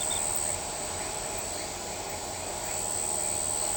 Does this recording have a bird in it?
no